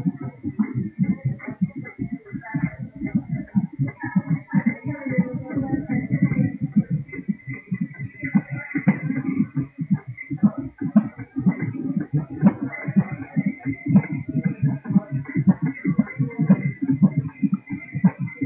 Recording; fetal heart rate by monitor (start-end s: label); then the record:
fetal heart sounds by stethoscope on the mother's abdomen
0.00-10.00 s: 123 bpm
10.00-18.46 s: 122 bpm
From the record:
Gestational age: 37 weeks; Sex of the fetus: girl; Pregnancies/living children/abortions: 2/1/0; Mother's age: 30 years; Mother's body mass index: 28.9